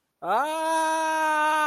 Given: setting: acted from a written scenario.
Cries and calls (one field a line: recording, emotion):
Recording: vocal sound without words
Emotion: fear